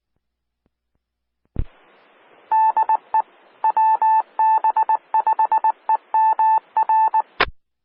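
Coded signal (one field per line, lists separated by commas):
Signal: Morse code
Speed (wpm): 19 wpm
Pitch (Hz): 880 Hz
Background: none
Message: DE WB5EMR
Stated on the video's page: Repeater ident of a SKYWARN repeater on 146.880 MHz.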